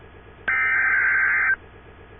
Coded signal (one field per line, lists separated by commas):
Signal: Emergency Alert System (SAME) tones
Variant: header bursts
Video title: EAS Scenario - Political Riot (Michigan)